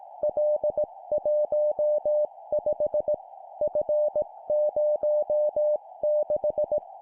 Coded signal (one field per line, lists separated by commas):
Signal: Morse code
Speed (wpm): 18 wpm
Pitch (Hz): 600 Hz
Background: music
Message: L15 F06